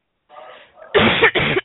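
A faint intake of breath is followed by two loud, harsh cough bursts in quick succession, the first longer than the second. It is an adult woman's cough during a flare of bronchitis and asthma aggravated by a harsh winter, in a quiet indoor room.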